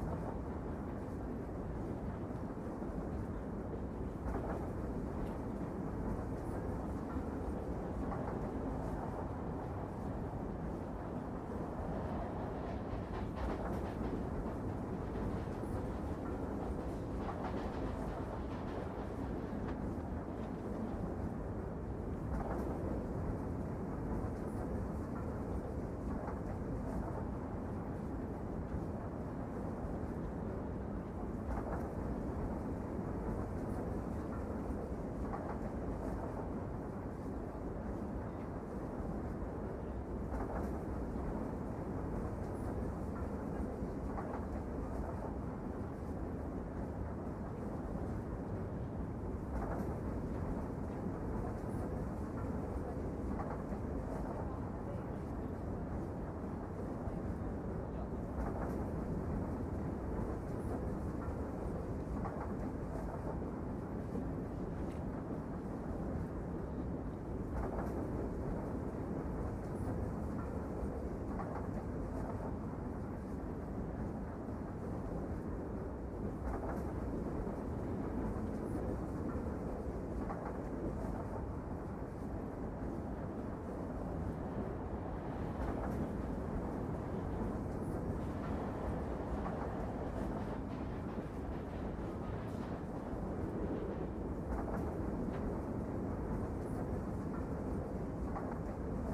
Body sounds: background sound without coughing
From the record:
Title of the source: Train Ride Ambience ambient white noise for sleeping, focus, studying, reading

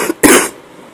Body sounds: coughing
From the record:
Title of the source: 34 coughing up crap again

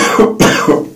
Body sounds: coughing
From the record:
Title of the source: Spring Cold Coughing 3

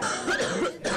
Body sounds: coughing mixed with background sound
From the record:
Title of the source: female coughing - coughing sound effects girl

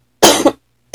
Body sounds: coughing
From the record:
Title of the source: 61 morning phlegmy cough...again

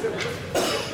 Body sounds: coughing mixed with background sound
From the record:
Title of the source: Cough Around the Clock!

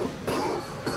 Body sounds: coughing mixed with background sound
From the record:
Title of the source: Coughing 77

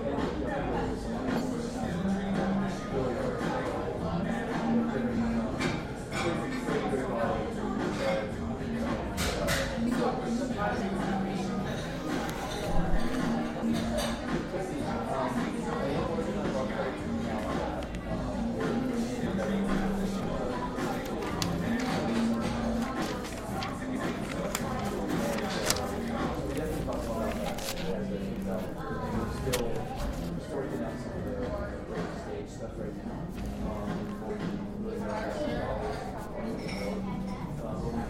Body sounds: background sound without coughing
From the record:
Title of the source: 60 minutes of coffee shop sounds for study and concentration

